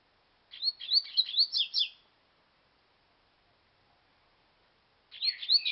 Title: Canto Coleiro